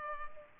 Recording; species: mosquito wingbeat signal from an infrared sensor; Culex pipiens